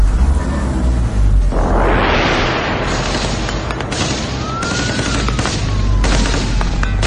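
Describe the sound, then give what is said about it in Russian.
Loud, sustained automatic gunfire as three magazines are fired into a GAZelle van, a dense roar of rapid cracks and bursts, with a rising whooshing sweep early on and sharp individual shots punching through later. No voices. “Яна успела всадить в газель 3 магазина. Она буквально залила ее свинцом, но остановить не смогла.”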